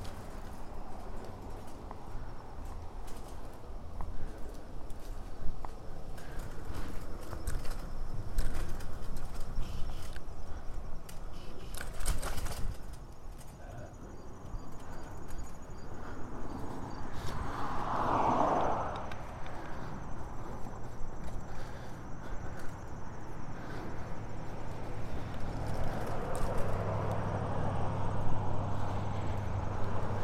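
A bike ride from Orchard Beach: steady rushing wind and road noise, a brief clicking burst near eighteen seconds, and faint bird calls.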